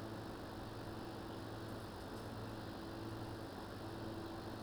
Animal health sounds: poultry house recording; healthy chickens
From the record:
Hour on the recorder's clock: 11

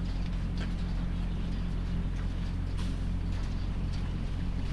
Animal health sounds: poultry house recording; sick chickens (respiratory disease)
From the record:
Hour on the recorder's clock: 4

